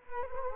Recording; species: mosquito wingbeat signal from an infrared sensor; Culex quinquefasciatus